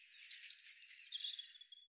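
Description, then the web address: Eurasian blue tit gives a call of two thin, high downslurred notes followed by a fast, level trill of four pulses that trails off. "cianscape birddata Deverinetal Bird Cy Ca"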